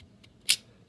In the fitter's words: it slid right in there locks in place it has the same pin it was amazing